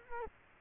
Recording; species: mosquito wingbeat signal from an infrared sensor; Culex quinquefasciatus